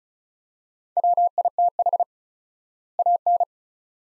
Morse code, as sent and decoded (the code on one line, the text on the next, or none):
.-- .. - .... / .- -.
WITH AN